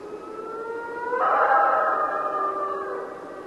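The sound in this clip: Mexican wolf giving a short howl that climbs, swells loudly, then slides downward as it tails off, with layered tones overlapping in the middle.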